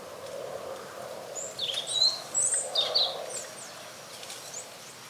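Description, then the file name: European robin delivering a brief phrase of high, squeaky, varied notes and downslurred whistles in the middle, over a low, steady hum. "Erithacus rubecula"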